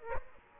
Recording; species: mosquito wingbeat signal from an infrared sensor; Aedes aegypti